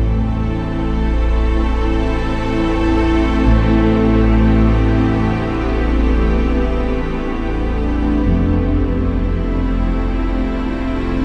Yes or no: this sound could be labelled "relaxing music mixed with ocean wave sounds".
yes